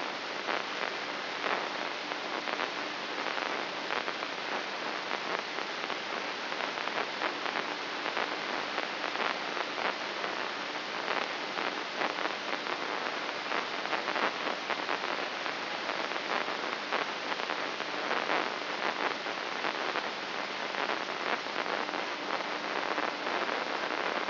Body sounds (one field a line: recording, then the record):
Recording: brain microelectrode recording played as sound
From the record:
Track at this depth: inside the subthalamic nucleus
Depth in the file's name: 4.018 mm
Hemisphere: left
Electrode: 3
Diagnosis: Parkinson's disease